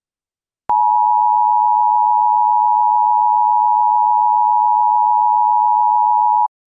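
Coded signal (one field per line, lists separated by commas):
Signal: Emergency Alert System (SAME) tones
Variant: 853 and 960 Hz attention tone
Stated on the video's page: Fictional EAS scenario, a homemade simulated alert.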